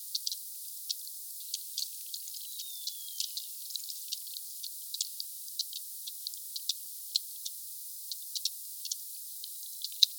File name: Sphyrna Odyssey Glotinetal meute 4 Cachalots 3 kmdistance enregistre-2 msurface 12 mn Sud Monaco HP 8 k Hz ralenti 5 foisenviron 20200114